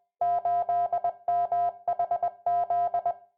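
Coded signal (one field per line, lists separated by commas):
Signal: Morse code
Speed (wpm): 20 wpm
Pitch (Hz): 700 Hz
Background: music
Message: 8MHZ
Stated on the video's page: Ambient-sound recreation of a CW transmitter monitor tone with the hum of the transmitter and its power transformer, a coast-station-style call listening on 8 MHz.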